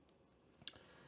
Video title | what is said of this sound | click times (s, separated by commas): Zune Battery Replacement | and you're going to feel that kind of click into place | 0.7 s